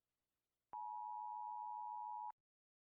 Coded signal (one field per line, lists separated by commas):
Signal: Emergency Alert System (SAME) tones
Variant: 853 and 960 Hz attention tone